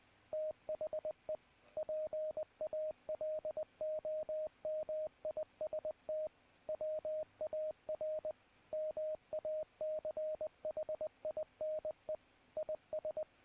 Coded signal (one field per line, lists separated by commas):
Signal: Morse code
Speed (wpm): 20 wpm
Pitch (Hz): 620 Hz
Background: radio noise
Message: THE PALOMIST WAR MACHINE IS